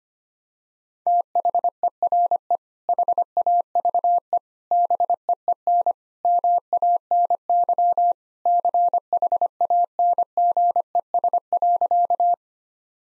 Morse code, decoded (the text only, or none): THERE HAVE BEEN MANY CHANGES.